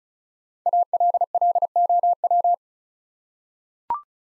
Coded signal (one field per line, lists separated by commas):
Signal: Morse code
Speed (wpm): 36 wpm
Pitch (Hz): 700 Hz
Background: none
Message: ALLOW